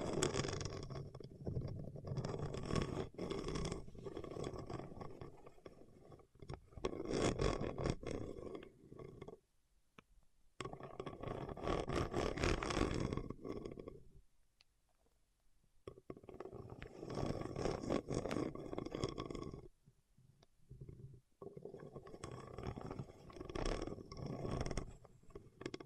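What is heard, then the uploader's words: Fingertips rub over wax in rough scraping passes that swell and fade, with brief near-silent gaps around 10, 14 and 20 seconds. The rubbing is dense and gritty, full in the lower range with a hissy top, and each pass lasts a few seconds. ASMR with Wax Fingertips for Sleep (No Talking).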